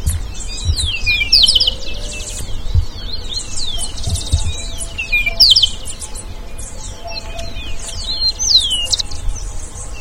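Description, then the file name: Bird calling: busy high chirps, buzzy rattles and sweeping whistled notes in repeated bursts, with a soft lower whistle now and then and faint low thumps. "SABIOD 50 bird 2015"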